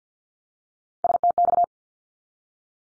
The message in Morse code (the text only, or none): STX